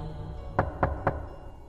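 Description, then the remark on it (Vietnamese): Three evenly spaced knocks on a door, moderately loud and sharp, over a steady low background hum with no voices. “Giữa cái âm thanh hỗn độn, tiếng gõ cửa dai dẳng vẫn không ngừng vang lên.”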